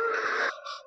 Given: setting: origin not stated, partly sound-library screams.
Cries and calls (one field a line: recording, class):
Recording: one-second piece from a danger detection set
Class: woman in danger